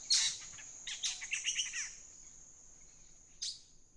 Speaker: But the song of the black-headed saltator is very different, a noisy chatter that accelerates.